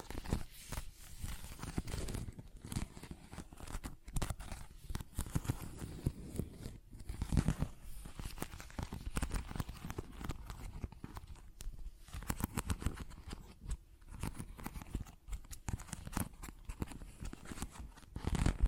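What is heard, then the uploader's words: Dense, irregular scratching and tapping sounds continue for the whole stretch, a busy rustle of quick, crackly contacts with no pauses. The texture is mostly low and gritty with crinkly bursts, and a few louder strikes stand out near the end. ASMR Tapping, Scratching & Zipper Sounds.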